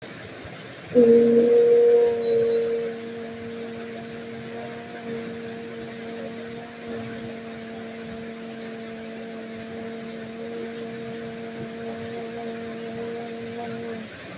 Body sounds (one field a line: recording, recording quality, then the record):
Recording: sustained vowel as in boot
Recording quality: excellent, no background noise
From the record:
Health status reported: healthy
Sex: female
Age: 22 years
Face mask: not worn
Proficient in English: yes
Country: India